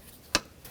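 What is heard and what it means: Hand-popping the plastic cabin air filter access door, which sits behind the glove box in the dashboard housing of a 2007-2010 Chrysler Sebring, off its couple of clips. A single sharp, short plastic pop is heard at 0.4 s, followed by a faint softer sound near 0.7 s. The door is released from its clips.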